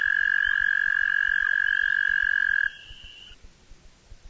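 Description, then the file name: Frog trilling in a steady, high, even tone for nearly three seconds, then stopping abruptly, leaving faint background hiss and low rumble. Recorded at Browns Creek; described as frog songs. "browns creek audio station frog songs"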